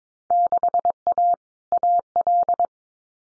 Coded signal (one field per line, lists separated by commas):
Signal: Morse code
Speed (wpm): 22 wpm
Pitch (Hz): 700 Hz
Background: none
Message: 6A AL